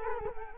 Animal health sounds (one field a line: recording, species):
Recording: mosquito wingbeat signal from an infrared sensor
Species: Culex quinquefasciatus